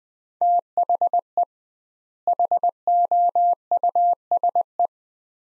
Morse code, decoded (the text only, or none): THE HOUSE